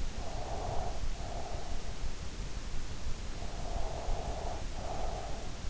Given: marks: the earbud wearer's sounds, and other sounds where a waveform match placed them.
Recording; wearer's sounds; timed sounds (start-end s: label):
sounds in sleep by an in-ear microphone; breath
0.00-2.07 s: breath
3.36-5.56 s: breath